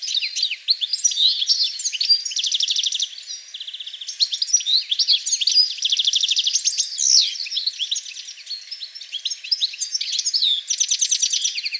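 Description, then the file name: European goldfinch twittering rapidly in bright, liquid chirps mixed with brief buzzy trill runs, nearly nonstop with a short pause around the fourth second. "Carduelis carduelis"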